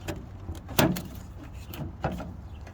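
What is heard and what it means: The top electrical connector is plugged back onto the reverse light socket harness of a 2009–2014 Ford F-150 tail light assembly. Several light plastic taps and handling noises are heard, with the strongest sharp click at 0.8 s as the connector latches in and seats.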